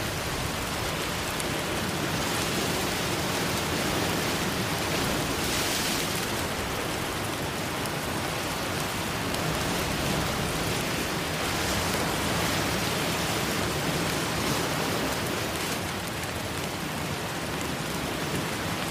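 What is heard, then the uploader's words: Rain pours down steadily in a dense, even hiss that fills the low and high ranges alike. Brief brighter swells rise around 2, 6, 12 and 16 seconds, like gusts or surges of water, while the overall loudness stays constant throughout. Rain & Storm Sounds With Ocean Waves Crashing.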